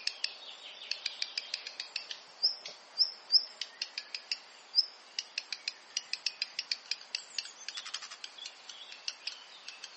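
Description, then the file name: Black redstart: bird giving a long dense run of sharp dry ticking clicks, with a few brief high whistles in the early part. "Phoenicurus ochruros - Black Redstart"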